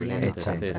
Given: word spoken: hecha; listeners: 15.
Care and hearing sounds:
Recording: one Spanish word in noise, from a listening test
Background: four-talker babble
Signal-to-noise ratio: -1.3 dB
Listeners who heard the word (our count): 3 of 15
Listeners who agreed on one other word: 6 of 15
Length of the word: 0.39 s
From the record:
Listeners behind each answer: 6, 3, 3, 2, 1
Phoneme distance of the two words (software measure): 17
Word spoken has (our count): 2 syllables, 3 phonemes, stress on syllable 1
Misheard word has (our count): 2 syllables, 4 phonemes, stress on syllable 1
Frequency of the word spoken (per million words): 36.56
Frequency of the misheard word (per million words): 73.67

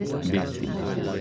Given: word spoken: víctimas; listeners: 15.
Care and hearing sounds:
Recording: one Spanish word in noise, from a listening test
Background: eight-talker babble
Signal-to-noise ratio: -0.8 dB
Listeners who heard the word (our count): 0 of 15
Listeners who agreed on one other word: 8 of 15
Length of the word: 0.81 s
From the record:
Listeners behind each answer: 8, 1, 1, 1, 1, 1, 1, 1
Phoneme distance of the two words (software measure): 41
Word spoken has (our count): 3 syllables, 8 phonemes, stress on syllable 1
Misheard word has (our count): 2 syllables, 5 phonemes, stress on syllable 1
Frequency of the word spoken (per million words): 55.44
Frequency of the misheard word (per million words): 3.33

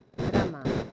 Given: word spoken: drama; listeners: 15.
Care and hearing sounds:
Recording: one Spanish word in noise, from a listening test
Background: noise modulated by one talker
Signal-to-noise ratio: -7.1 dB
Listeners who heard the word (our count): 1 of 15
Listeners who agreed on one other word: 6 of 15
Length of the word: 0.52 s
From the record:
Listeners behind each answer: 6, 3, 1, 1, 1, 1, 1, 1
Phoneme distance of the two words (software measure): 17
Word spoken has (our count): 2 syllables, 5 phonemes, stress on syllable 1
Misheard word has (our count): 2 syllables, 4 phonemes, stress on syllable 1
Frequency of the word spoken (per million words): 20.88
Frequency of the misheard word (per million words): 100.47

